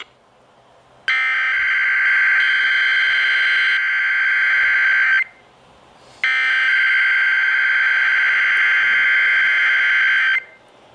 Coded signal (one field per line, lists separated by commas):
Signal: Emergency Alert System (SAME) tones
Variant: header bursts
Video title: HELLO 2018!! EAS Alerts from 1/3/18 - 1/31/18 (EAS #779 - 793)